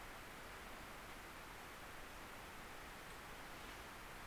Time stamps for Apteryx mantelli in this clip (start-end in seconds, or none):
none